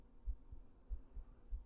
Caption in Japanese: ママの心音いっぱい聞いてごらん。 これ押さえつけてないとね、心音聞こえないの。 すごい力で押さえつけてる。